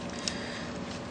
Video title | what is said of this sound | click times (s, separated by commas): How to Install a UMD Drive on a PSP 2000 | here a nice click and | 0.3 s